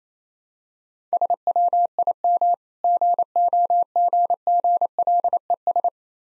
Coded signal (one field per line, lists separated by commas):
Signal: Morse code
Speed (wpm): 27 wpm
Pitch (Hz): 700 Hz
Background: none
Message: SWIM GOGGLES